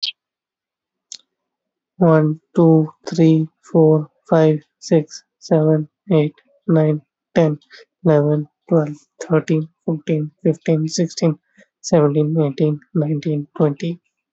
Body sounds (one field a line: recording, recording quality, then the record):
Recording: counting at a normal pace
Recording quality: excellent, no background noise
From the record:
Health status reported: healthy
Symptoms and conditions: none ticked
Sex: male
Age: 23 years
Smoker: not ticked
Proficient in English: yes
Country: India